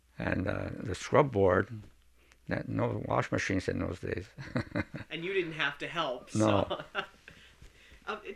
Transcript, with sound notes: And the scrub board, had no washing machines in those days. (he laughs)
And you didn't have to help, so... (he laughs)
No.